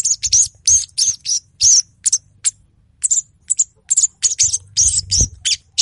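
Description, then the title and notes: Little Spiderhunter song: high, sharp chips in short irregular bursts with brief gaps, a faint low hum beneath. Vigorous, agitated song (gacor, emosi) used as a lure to call out and provoke rival birds. "PANCINGAN SOGON GACOR MEMANGGIL LAWAN‼️ SOGON GACORDOR EMOSI BIKIN LAWAN JADI. sogok ontong"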